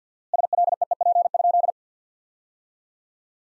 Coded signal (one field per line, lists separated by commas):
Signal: Morse code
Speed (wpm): 50 wpm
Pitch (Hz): 700 Hz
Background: none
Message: SLEEP?